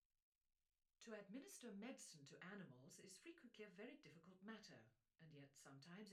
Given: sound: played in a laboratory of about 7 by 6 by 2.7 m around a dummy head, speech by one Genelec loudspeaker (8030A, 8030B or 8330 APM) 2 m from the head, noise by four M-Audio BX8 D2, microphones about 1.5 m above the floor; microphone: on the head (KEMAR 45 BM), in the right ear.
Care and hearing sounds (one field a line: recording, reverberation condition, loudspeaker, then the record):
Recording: female speech in English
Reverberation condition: low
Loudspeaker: behind (180 degrees)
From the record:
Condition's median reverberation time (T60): about 310 ms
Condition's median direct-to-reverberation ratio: about 3.5 dB